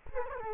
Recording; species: mosquito wingbeat signal from an infrared sensor; Culex quinquefasciatus